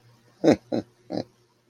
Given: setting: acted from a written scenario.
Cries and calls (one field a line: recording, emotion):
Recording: vocal sound without words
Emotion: amusement